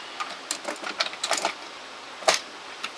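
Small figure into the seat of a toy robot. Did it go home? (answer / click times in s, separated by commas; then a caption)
yes / 2.3 s. A small plastic figure is pushed into the seat of a plastic combining toy robot, lined up with a hole at the back. A few light plastic ticks and taps come first, then the figure snaps into place with a sharp click at 2.3 s, seating firmly.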